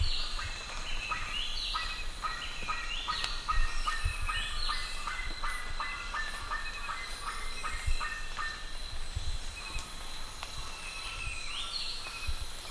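Bird calls, a rapid chattering series of short notes with higher rising calls, thinning out near the end.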